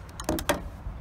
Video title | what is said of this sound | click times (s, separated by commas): SRC GEN 2 Smittybilt Front Bumper | I just stripped it out. | 0.5 s